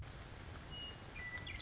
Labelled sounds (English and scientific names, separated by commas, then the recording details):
Western Meadowlark (Sturnella neglecta)
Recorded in Sonoma County, California